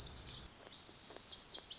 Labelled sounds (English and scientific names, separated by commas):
Lazuli Bunting (Passerina amoena)